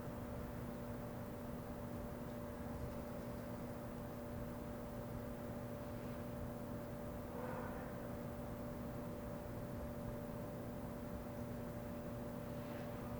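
A quiet neighborhood after snow, filled with a steady low hum and a faint continuous whine at two fixed pitches. A soft brief sound rises around seven seconds, and faint passing noise drifts in near the end, like a far-off vehicle.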